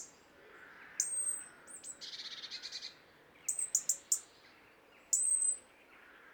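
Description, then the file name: European robin calls: thin, very high drawn-out whistles and sharp ticks in short bursts, with a brief buzzy chattering passage in the middle. "Erithacus rubecula"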